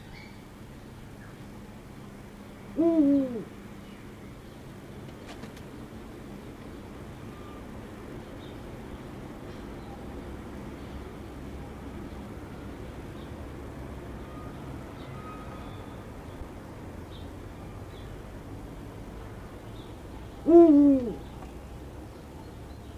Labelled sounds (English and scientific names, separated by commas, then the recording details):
Eurasian Eagle-owl (Bubo bubo) call
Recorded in captivity
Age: adult
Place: Zoo Halle, Sachsen-Anhalt, DE
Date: 1975-10-10 17:00
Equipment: Uher CR 210, Sennheiser MD 421, Verstärker, Kopie Uher 4200
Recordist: Tembrock, Günter